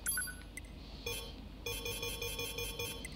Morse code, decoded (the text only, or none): none